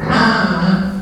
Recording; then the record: squeal of a Yucatan mini pig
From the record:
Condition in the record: after surgery on the right vocal fold (resection and tissue-engineered implant); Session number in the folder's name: 16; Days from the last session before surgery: 183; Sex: female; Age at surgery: 19 weeks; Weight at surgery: 25 kg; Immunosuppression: prednisolone